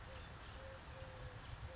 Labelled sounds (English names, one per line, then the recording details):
Eurasian Collared Dove
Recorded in Sonoma County, California